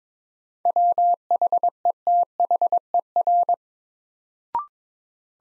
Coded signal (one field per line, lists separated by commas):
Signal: Morse code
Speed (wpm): 22 wpm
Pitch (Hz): 700 Hz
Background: none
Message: WHETHER